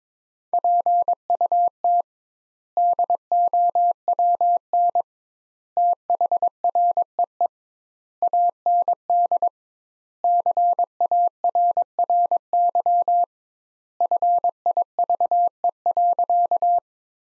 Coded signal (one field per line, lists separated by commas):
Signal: Morse code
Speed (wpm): 22 wpm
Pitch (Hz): 700 Hz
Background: none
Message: PUT DOWN THREE AND CARRY FIVE.